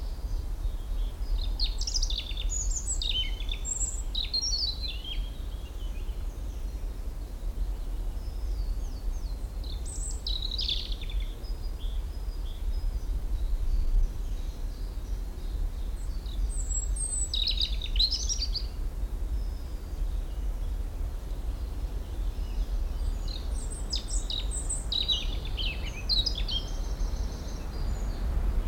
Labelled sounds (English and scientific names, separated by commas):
European Robin (Erithacus rubecula)